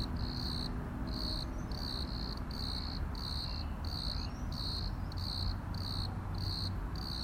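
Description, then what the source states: Cricket chirps repeated rapidly in regular pulsing bursts, with a steady low hum of noise underneath. Crickets at Plaiaundi ecological park, Irún, Spain.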